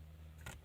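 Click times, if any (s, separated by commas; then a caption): 0.5 s. The second metal radio removal key is pushed into the other side slot of a Peugeot 308 car stereo (radio/LCD unit) until it clicks onto the internal spring clip, with a sharp click at 0.5 s over a steady low hum. The key is seated and the unit is now ready to be pulled out.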